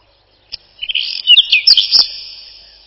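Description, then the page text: A single whinchat phrase: hurried high warbling of scratchy and whistled notes over about one and a half seconds, then a lingering ring. "Луговой чекан — Saxicola rubetra"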